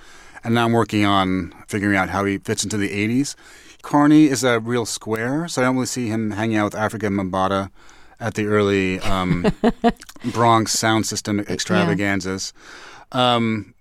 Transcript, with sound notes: And now I'm working on figuring out how he fits into the '80s. Carney is a real square. So I almost see him hanging out with Afrika Bambaataa at the early...
(Laughter).
...Bronx sound system extravaganzas.
Yeah.